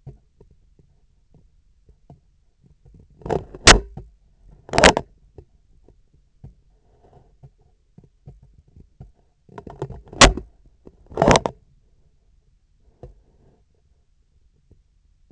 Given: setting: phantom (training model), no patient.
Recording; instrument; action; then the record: laparoscopic instrument, vibration sensor on the handle end; scissors; opening and closing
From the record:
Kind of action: tool actuation without material contact